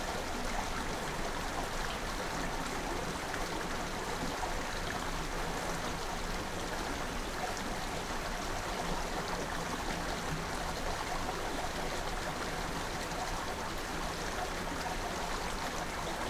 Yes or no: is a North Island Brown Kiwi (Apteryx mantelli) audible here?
no